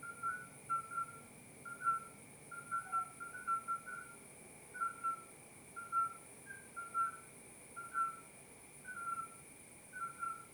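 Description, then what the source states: Midwife toad chorus: many brief, flute-like hoots at two or three slightly different pitches, interleaving and repeating steadily, with steady faint high tones behind. 30 May 2024 at 22:30, at night.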